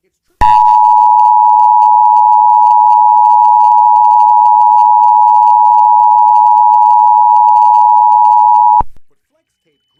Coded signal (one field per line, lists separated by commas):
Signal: Emergency Alert System (SAME) tones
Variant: 853 and 960 Hz attention tone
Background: speech